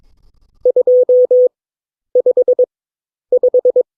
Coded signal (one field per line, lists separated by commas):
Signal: Morse code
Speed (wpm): 21 wpm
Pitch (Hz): 500 Hz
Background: none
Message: 255